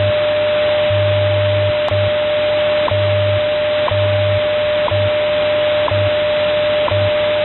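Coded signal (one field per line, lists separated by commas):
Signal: radio time signal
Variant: WWV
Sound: steady mid-pitched tone with a short tick every second and low pulsing hum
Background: radio static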